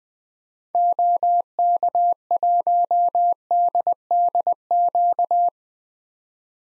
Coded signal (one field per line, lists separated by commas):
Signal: Morse code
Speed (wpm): 20 wpm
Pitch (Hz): 700 Hz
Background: none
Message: OK1DDQ